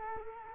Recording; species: mosquito wingbeat signal from an infrared sensor; Culex quinquefasciatus